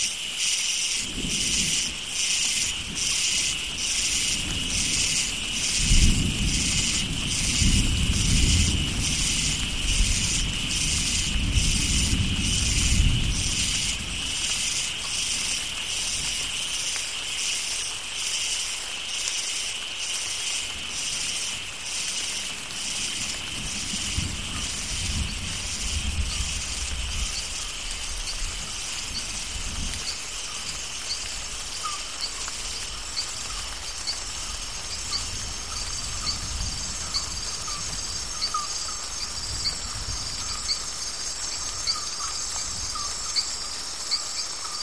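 Natural outdoor ambience with a dense, rapid insect chorus pulsing high and bright, over low rumbling gusts around the first quarter.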